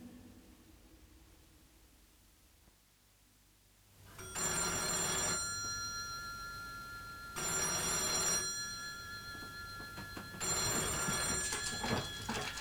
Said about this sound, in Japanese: もしもし、はいはいはい、ななちゃん電話。